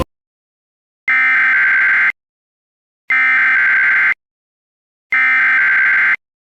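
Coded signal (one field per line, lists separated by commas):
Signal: Emergency Alert System (SAME) tones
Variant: header bursts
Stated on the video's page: Mock tsunami warning, not a real alert.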